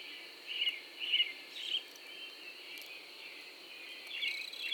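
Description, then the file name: Cricket giving a steady high-pitched trill that runs throughout, with a few louder pulses in the first two seconds. A single cricket calling in the early morning, April 2012. "freesound Early AMBirds Lone Cricket"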